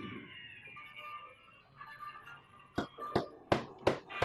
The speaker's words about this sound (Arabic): ولكن يمكنك تحطيم الباب. هذا هو الطريق يا هابيل، الطريق إلى الباب. هيا نحطم الباب على قابيل.